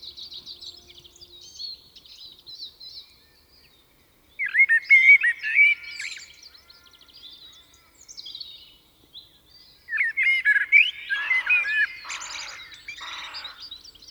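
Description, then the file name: Common blackbird song in two bursts: mellow fluted warbles that end in squeaky twitters, separated by a few seconds of quieter background birdsong. "Turdus merula"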